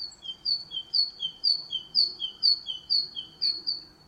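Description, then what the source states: Great tit song, a rhythmic series of high thin paired notes alternating between two pitches, repeated about twice a second, with faint background noise. One of the great tit's many song variants, resembling a chiffchaff's song.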